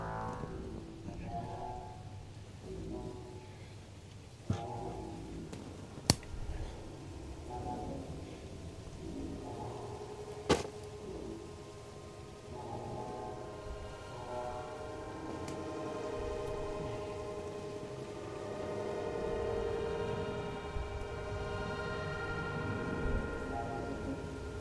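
Yard work mixes with slow, meditative synths: soft sustained tones hold and shift gradually, swelling fuller after about fifteen seconds. Sharp clicks and knocks cut through now and then, with strong ones near 4, 6 and 10 seconds, over a low rumbling bed.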